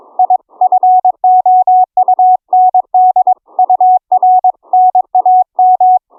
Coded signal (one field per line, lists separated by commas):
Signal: Morse code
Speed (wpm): 22 wpm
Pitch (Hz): 740 Hz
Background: none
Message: I FOUND UR NAM